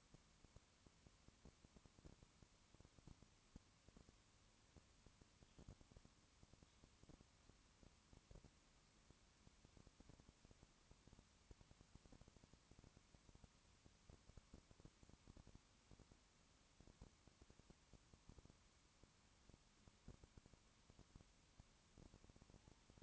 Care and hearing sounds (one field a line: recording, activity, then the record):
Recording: daily activity, microphone in the room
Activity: no activity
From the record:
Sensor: 1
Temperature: 19.2 degrees Celsius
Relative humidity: 37.8%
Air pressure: 1001.1 hPa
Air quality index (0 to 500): 198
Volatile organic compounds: 7 ppm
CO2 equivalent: 1994 ppm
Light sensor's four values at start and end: 1/2/1/1 and 1/2/1/1